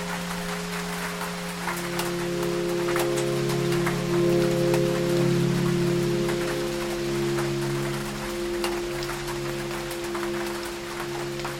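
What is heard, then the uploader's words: Low sustained tones hum beneath a steady patter of rain on a tin roof, with scattered sharp drops tapping throughout. Deep Sleep Music with Rain on a Tin Roof. Ambient music specifically designed to lull you into a deep, restful sleep, blended with the soothing sound of rain.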